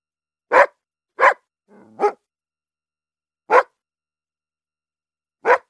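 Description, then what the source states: Dog barking five times in deep, gruff single barks. A low growling rumble comes just before the third bark, then the last barks follow at longer intervals. Large dog barking.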